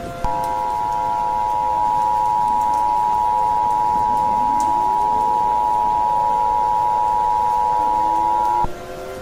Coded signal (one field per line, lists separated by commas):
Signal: Emergency Alert System (SAME) tones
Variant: 853 and 960 Hz attention tone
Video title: Northern Indiana Tornado Chaos (EAS Scenario)